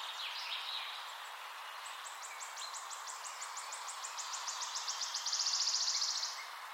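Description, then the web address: Eurasian wren singing, a fast series of high ticking notes building into a rapid dense trill near the end, over steady background hiss. "pub SETE data Troglodytes troglodytes"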